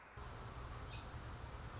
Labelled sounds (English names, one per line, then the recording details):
Anna's Hummingbird
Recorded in Sonoma County, California